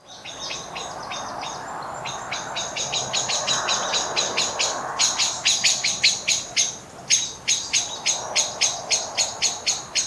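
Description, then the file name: Common blackbird call series: thin, sharp notes that build in loudness into an evenly spaced chattering rattle. "Turdus merula"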